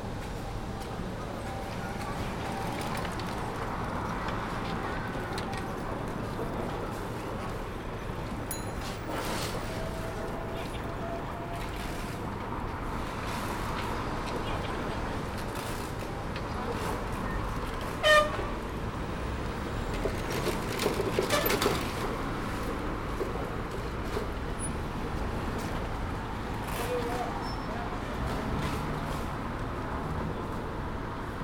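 City street sounds while waiting at Peking University's south gate: a steady low rumble of traffic runs throughout, with passing vehicles and murmured voices mixed in. Brief sharp clicks and clatters stand out near 9, 18 and 21–22 seconds.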